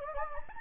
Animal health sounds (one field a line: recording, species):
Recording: mosquito wingbeat signal from an infrared sensor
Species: Anopheles gambiae